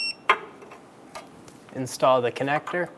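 A torque wrench tightens the mounting bolt of a front impact airbag sensor on a 2014-2018 Chevrolet Silverado 1500 to 66 inch-pounds. The wrench gives a sharp click at 0.3 s as it reaches its setting, followed by a softer tap and then someone talking.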